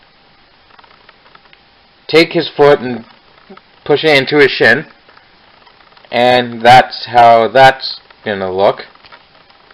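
The plastic leg hinge of a Titans Return Kickback transforming robot action figure is handled as the leg is moved during transformation, with the foot pushed toward the shin. Someone talks in bursts between soft, faint handling ticks and rustles. The clip ends before the part goes home, and nothing has seated or clicked yet.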